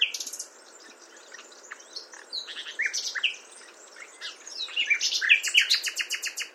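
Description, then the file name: Common nightingale song with scattered chirps and slurred whistles building to a loud, rapid series of repeated notes near the end. "Luscinia megarhynchos"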